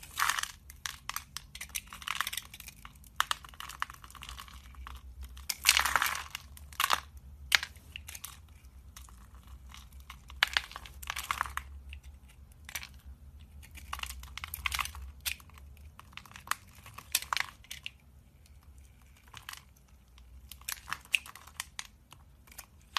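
Soap carving: a blade scrapes and shaves through a bar in quick, irregular strokes, each a bright crisp rasp. Strokes come in dense clusters, heaviest around five to seven and ten to twelve seconds, with short pauses between. A low steady hum sits underneath throughout.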